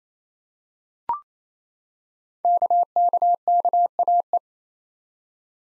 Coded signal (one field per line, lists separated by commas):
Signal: Morse code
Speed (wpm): 28 wpm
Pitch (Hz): 700 Hz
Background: none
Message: KKKAE